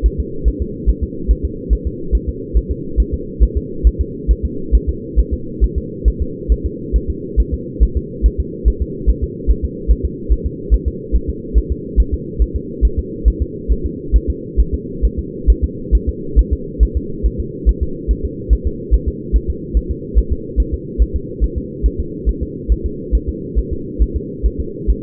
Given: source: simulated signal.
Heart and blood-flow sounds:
fetal heart sounds
0.06 s: S1
0.20 s: S2
0.48 s: S1
0.62 s: S2
0.89 s: S1
1.03 s: S2
1.31 s: S1
1.45 s: S2
1.73 s: S1
1.87 s: S2
2.15 s: S1
2.29 s: S2
2.57 s: S1
2.71 s: S2
3.00 s: S1
3.14 s: S2
3.43 s: S1
3.57 s: S2
3.87 s: S1
4.01 s: S2
4.31 s: S1
4.45 s: S2
4.75 s: S1
4.89 s: S2
5.19 s: S1
5.34 s: S2
5.64 s: S1
5.78 s: S2
6.08 s: S1
6.22 s: S2
6.52 s: S1
6.66 s: S2
6.96 s: S1
7.10 s: S2
7.40 s: S1
7.54 s: S2
7.83 s: S1
7.97 s: S2
8.26 s: S1
8.40 s: S2
8.68 s: S1
8.82 s: S2
9.10 s: S1
9.24 s: S2
9.50 s: S1
9.65 s: S2
9.91 s: S1
10.05 s: S2
10.32 s: S1
10.46 s: S2
10.74 s: S1
10.88 s: S2
11.16 s: S1
11.30 s: S2
11.58 s: S1
11.72 s: S2
12.00 s: S1
12.14 s: S2
12.42 s: S1
12.56 s: S2
12.85 s: S1
12.99 s: S2
13.28 s: S1
13.42 s: S2
13.72 s: S1
13.86 s: S2
14.16 s: S1
14.30 s: S2
14.60 s: S1
14.74 s: S2
15.05 s: S1
15.19 s: S2
15.50 s: S1
15.64 s: S2
15.95 s: S1
16.09 s: S2
16.39 s: S1
16.53 s: S2
16.83 s: S1
16.97 s: S2
17.26 s: S1
17.40 s: S2
17.69 s: S1
17.83 s: S2
18.11 s: S1
18.25 s: S2
18.53 s: S1
18.67 s: S2
18.94 s: S1
19.08 s: S2
19.36 s: S1
19.50 s: S2
19.77 s: S1
19.91 s: S2
20.18 s: S1
20.32 s: S2
20.60 s: S1
20.74 s: S2
21.02 s: S1
21.16 s: S2
21.44 s: S1
21.58 s: S2
21.86 s: S1
22.00 s: S2
22.29 s: S1
22.43 s: S2
22.72 s: S1
22.86 s: S2
23.15 s: S1
23.29 s: S2
23.59 s: S1
23.73 s: S2
24.02 s: S1
24.16 s: S2
24.46 s: S1
24.60 s: S2
24.90 s: S1
From the record:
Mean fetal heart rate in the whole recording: 140 bpm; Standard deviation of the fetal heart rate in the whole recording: 2 bpm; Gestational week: 34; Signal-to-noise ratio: -4.3 dB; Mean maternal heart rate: 72 bpm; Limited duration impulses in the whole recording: absent

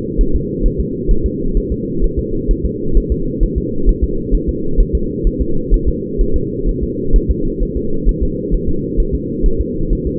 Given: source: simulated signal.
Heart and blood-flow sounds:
fetal heart sounds
0.21 s: S1
0.36 s: S2
0.66 s: S1
0.80 s: S2
1.11 s: S1
1.26 s: S2
1.57 s: S1
1.72 s: S2
2.04 s: S1
2.19 s: S2
2.51 s: S1
2.66 s: S2
2.97 s: S1
3.12 s: S2
3.43 s: S1
3.58 s: S2
3.89 s: S1
4.04 s: S2
4.35 s: S1
4.49 s: S2
4.80 s: S1
4.95 s: S2
5.27 s: S1
5.42 s: S2
5.74 s: S1
5.89 s: S2
6.21 s: S1
6.36 s: S2
6.69 s: S1
6.83 s: S2
7.16 s: S1
7.31 s: S2
7.63 s: S1
7.77 s: S2
8.09 s: S1
8.23 s: S2
8.54 s: S1
8.69 s: S2
9.00 s: S1
9.15 s: S2
9.46 s: S1
9.61 s: S2
9.93 s: S1
10.07 s: S2
From the record:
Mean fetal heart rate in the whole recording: 130 bpm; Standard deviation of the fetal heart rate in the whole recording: 4 bpm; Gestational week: 38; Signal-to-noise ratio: -8.1 dB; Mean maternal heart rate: 72 bpm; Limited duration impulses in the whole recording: absent

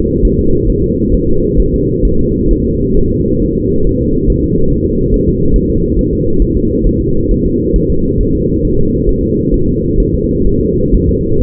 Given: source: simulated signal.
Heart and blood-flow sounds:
fetal heart sounds
0.25 s: S1
0.39 s: S2
0.70 s: S1
0.84 s: S2
1.15 s: S1
1.29 s: S2
1.60 s: S1
1.74 s: S2
2.05 s: S1
2.19 s: S2
2.51 s: S1
2.65 s: S2
2.97 s: S1
3.11 s: S2
3.42 s: S1
3.57 s: S2
3.87 s: S1
4.01 s: S2
4.30 s: S1
4.44 s: S2
4.72 s: S1
4.87 s: S2
5.14 s: S1
5.28 s: S2
5.56 s: S1
5.70 s: S2
5.99 s: S1
6.13 s: S2
6.42 s: S1
6.56 s: S2
6.87 s: S1
7.01 s: S2
7.31 s: S1
7.46 s: S2
7.76 s: S1
7.90 s: S2
8.21 s: S1
8.35 s: S2
8.65 s: S1
8.79 s: S2
9.09 s: S1
9.23 s: S2
9.54 s: S1
9.68 s: S2
10.00 s: S1
10.14 s: S2
10.47 s: S1
10.61 s: S2
10.95 s: S1
11.09 s: S2
11.42 s: S1
From the record:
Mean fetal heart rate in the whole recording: 135 bpm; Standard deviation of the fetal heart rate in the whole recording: 3 bpm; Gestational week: 36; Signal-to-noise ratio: -16.4 dB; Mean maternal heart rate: 72 bpm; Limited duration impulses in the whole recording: present

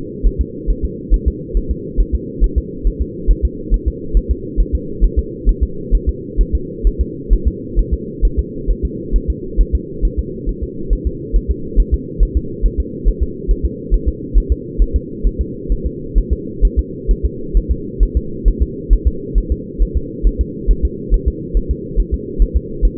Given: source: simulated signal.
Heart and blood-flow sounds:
fetal heart sounds
0.27 s: S1
0.41 s: S2
0.70 s: S1
0.85 s: S2
1.14 s: S1
1.28 s: S2
1.57 s: S1
1.71 s: S2
2.00 s: S1
2.15 s: S2
2.44 s: S1
2.58 s: S2
2.87 s: S1
3.01 s: S2
3.31 s: S1
3.45 s: S2
3.74 s: S1
3.88 s: S2
4.17 s: S1
4.31 s: S2
4.60 s: S1
4.75 s: S2
5.04 s: S1
5.19 s: S2
5.49 s: S1
5.63 s: S2
5.95 s: S1
6.09 s: S2
6.41 s: S1
6.55 s: S2
6.87 s: S1
7.01 s: S2
7.33 s: S1
7.47 s: S2
7.79 s: S1
7.94 s: S2
8.25 s: S1
8.39 s: S2
8.71 s: S1
8.85 s: S2
9.16 s: S1
9.30 s: S2
9.61 s: S1
9.75 s: S2
10.05 s: S1
10.19 s: S2
10.49 s: S1
10.63 s: S2
10.93 s: S1
11.07 s: S2
11.36 s: S1
11.51 s: S2
11.80 s: S1
11.94 s: S2
12.23 s: S1
12.37 s: S2
12.66 s: S1
12.80 s: S2
13.08 s: S1
13.23 s: S2
13.51 s: S1
13.65 s: S2
13.94 s: S1
14.08 s: S2
14.38 s: S1
14.52 s: S2
14.82 s: S1
14.96 s: S2
15.27 s: S1
15.41 s: S2
15.72 s: S1
15.86 s: S2
16.18 s: S1
16.33 s: S2
16.65 s: S1
16.79 s: S2
17.11 s: S1
17.25 s: S2
17.57 s: S1
17.71 s: S2
18.03 s: S1
18.17 s: S2
18.48 s: S1
18.62 s: S2
18.93 s: S1
19.07 s: S2
19.38 s: S1
19.52 s: S2
19.82 s: S1
19.97 s: S2
20.27 s: S1
20.41 s: S2
20.71 s: S1
20.85 s: S2
21.14 s: S1
21.28 s: S2
21.57 s: S1
21.71 s: S2
22.00 s: S1
22.14 s: S2
22.42 s: S1
22.56 s: S2
22.85 s: S1
From the record:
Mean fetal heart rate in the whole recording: 135 bpm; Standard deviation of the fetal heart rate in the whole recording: 3 bpm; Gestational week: 36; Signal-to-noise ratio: -4.3 dB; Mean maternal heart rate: 72 bpm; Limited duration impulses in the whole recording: absent

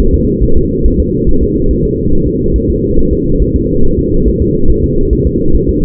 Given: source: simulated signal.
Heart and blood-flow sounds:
fetal heart sounds
0.00 s: S1
0.14 s: S2
0.44 s: S1
0.57 s: S2
0.86 s: S1
1.00 s: S2
1.29 s: S1
1.43 s: S2
1.71 s: S1
1.85 s: S2
2.13 s: S1
2.27 s: S2
2.56 s: S1
2.70 s: S2
2.99 s: S1
3.13 s: S2
3.42 s: S1
3.56 s: S2
3.85 s: S1
3.99 s: S2
4.28 s: S1
4.42 s: S2
4.70 s: S1
4.84 s: S2
5.13 s: S1
5.27 s: S2
5.55 s: S1
5.69 s: S2
From the record:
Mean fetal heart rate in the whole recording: 140 bpm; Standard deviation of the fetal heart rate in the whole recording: 2 bpm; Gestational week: 34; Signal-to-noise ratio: -19.1 dB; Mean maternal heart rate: 72 bpm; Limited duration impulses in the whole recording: present

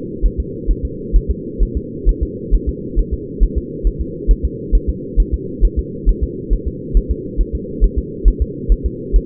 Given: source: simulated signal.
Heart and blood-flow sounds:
fetal heart sounds
0.26 s: S1
0.40 s: S2
0.71 s: S1
0.85 s: S2
1.16 s: S1
1.31 s: S2
1.63 s: S1
1.77 s: S2
2.09 s: S1
2.23 s: S2
2.55 s: S1
2.69 s: S2
2.99 s: S1
3.14 s: S2
3.43 s: S1
3.58 s: S2
3.87 s: S1
4.01 s: S2
4.31 s: S1
4.45 s: S2
4.75 s: S1
4.90 s: S2
5.20 s: S1
5.34 s: S2
5.65 s: S1
5.79 s: S2
6.09 s: S1
6.24 s: S2
6.53 s: S1
6.68 s: S2
6.97 s: S1
7.11 s: S2
7.41 s: S1
7.55 s: S2
7.84 s: S1
7.98 s: S2
8.28 s: S1
8.42 s: S2
8.72 s: S1
8.86 s: S2
9.16 s: S1
From the record:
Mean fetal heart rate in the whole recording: 135 bpm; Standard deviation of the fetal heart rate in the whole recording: 3 bpm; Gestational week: 36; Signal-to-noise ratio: -4.1 dB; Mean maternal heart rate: no maternal heart sound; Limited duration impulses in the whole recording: absent

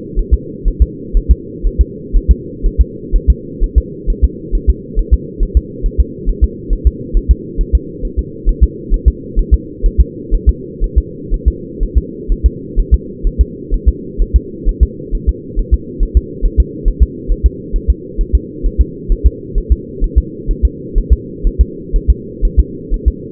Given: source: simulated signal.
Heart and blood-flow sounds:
fetal heart sounds
0.19 s: S1
0.34 s: S2
0.68 s: S1
0.82 s: S2
1.17 s: S1
1.31 s: S2
1.66 s: S1
1.81 s: S2
2.16 s: S1
2.31 s: S2
2.66 s: S1
2.81 s: S2
3.16 s: S1
3.30 s: S2
3.64 s: S1
3.78 s: S2
4.10 s: S1
4.24 s: S2
4.55 s: S1
4.69 s: S2
4.99 s: S1
5.14 s: S2
5.43 s: S1
5.57 s: S2
5.86 s: S1
6.00 s: S2
6.29 s: S1
6.44 s: S2
6.73 s: S1
6.87 s: S2
7.17 s: S1
7.31 s: S2
7.61 s: S1
7.75 s: S2
8.05 s: S1
8.19 s: S2
8.49 s: S1
8.63 s: S2
8.94 s: S1
9.08 s: S2
9.39 s: S1
9.54 s: S2
9.86 s: S1
10.00 s: S2
10.34 s: S1
10.49 s: S2
10.84 s: S1
10.98 s: S2
11.34 s: S1
11.48 s: S2
11.83 s: S1
11.98 s: S2
12.32 s: S1
12.46 s: S2
12.79 s: S1
12.94 s: S2
13.27 s: S1
13.41 s: S2
13.74 s: S1
13.89 s: S2
14.22 s: S1
14.36 s: S2
14.69 s: S1
14.83 s: S2
15.15 s: S1
15.29 s: S2
15.59 s: S1
15.74 s: S2
16.03 s: S1
16.17 s: S2
16.45 s: S1
16.60 s: S2
16.88 s: S1
17.02 s: S2
17.31 s: S1
17.46 s: S2
17.76 s: S1
17.90 s: S2
18.21 s: S1
18.35 s: S2
18.66 s: S1
18.81 s: S2
19.12 s: S1
19.26 s: S2
19.58 s: S1
19.72 s: S2
20.04 s: S1
20.18 s: S2
20.51 s: S1
20.65 s: S2
20.98 s: S1
21.13 s: S2
21.47 s: S1
21.61 s: S2
21.96 s: S1
22.10 s: S2
22.45 s: S1
22.59 s: S2
22.94 s: S1
23.08 s: S2
From the record:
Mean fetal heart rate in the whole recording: 130 bpm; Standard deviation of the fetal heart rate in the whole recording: 4 bpm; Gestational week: 38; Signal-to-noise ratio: -4.1 dB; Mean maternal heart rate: no maternal heart sound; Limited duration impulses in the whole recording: absent

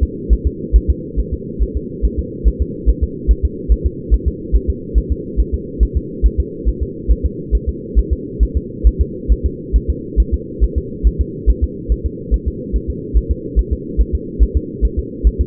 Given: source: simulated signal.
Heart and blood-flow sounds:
fetal heart sounds
0.03 s: S2
0.33 s: S1
0.47 s: S2
0.76 s: S1
0.90 s: S2
1.19 s: S1
1.34 s: S2
1.63 s: S1
1.77 s: S2
2.05 s: S1
2.19 s: S2
2.48 s: S1
2.62 s: S2
2.89 s: S1
3.03 s: S2
3.31 s: S1
3.45 s: S2
3.72 s: S1
3.86 s: S2
4.14 s: S1
4.28 s: S2
4.56 s: S1
4.70 s: S2
4.98 s: S1
5.12 s: S2
5.40 s: S1
5.54 s: S2
5.83 s: S1
5.97 s: S2
6.26 s: S1
6.40 s: S2
6.69 s: S1
6.83 s: S2
7.11 s: S1
7.26 s: S2
7.55 s: S1
7.69 s: S2
7.99 s: S1
8.13 s: S2
8.43 s: S1
8.57 s: S2
8.87 s: S1
9.01 s: S2
9.32 s: S1
9.46 s: S2
9.76 s: S1
9.90 s: S2
10.20 s: S1
10.34 s: S2
10.64 s: S1
10.78 s: S2
11.07 s: S1
11.21 s: S2
11.50 s: S1
11.64 s: S2
11.92 s: S1
12.06 s: S2
12.34 s: S1
12.48 s: S2
12.76 s: S1
12.90 s: S2
13.17 s: S1
13.31 s: S2
13.59 s: S1
13.73 s: S2
14.01 s: S1
14.15 s: S2
14.43 s: S1
14.57 s: S2
14.85 s: S1
14.99 s: S2
15.27 s: S1
15.41 s: S2
From the record:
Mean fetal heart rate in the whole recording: 140 bpm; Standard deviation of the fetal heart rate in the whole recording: 2 bpm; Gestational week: 34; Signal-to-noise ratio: -4.1 dB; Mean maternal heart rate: no maternal heart sound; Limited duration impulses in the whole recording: absent

